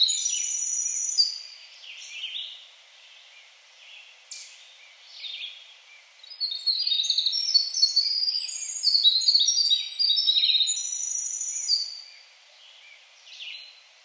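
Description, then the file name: Winter wren giving scattered high notes, then a loud, fast cascade of ringing trills for about six seconds before trailing off into soft calls. Rib Mountain State Park, 3 July 2021. "Winter Wren Rib Mountain SP"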